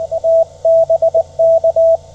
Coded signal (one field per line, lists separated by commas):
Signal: Morse code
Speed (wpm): 20 wpm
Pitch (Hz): 660 Hz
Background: radio noise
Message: T BK